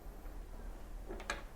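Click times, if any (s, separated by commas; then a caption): 1.3 s. A metal retaining pin is pushed into the hop-up chamber assembly of an SSG96 airsoft rifle so that it locks in place. A faint tap at about 1.2 s is followed by a sharp click at 1.3 s as the pin seats and locks.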